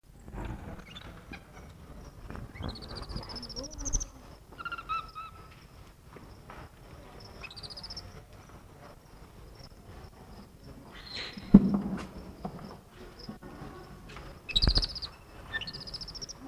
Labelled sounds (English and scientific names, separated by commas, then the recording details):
White-fronted Capuchin (Cebus albifrons) call
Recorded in captivity
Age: adult
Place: Zoo Berlin, Berlin, DE
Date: 1960-03-12 16:30
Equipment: Reporter (Vollspur)
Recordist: Tembrock, Günter